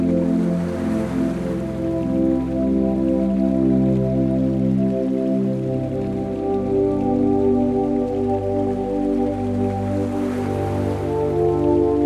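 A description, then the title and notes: A calm piece of music plays over soft ocean sounds. Long, held low and mid tones sustain and slowly shift, with a brief dip in the bass around five seconds. A steady, hissing wash of water runs beneath throughout, swelling slightly near the start and around ten seconds. Sleep Music with Gentle Ocean Noise. Peaceful track set against gentle ocean sounds.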